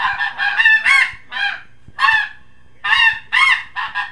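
Snow goose: snow geese giving high, nasal honks in quick runs, with short gaps between the bursts.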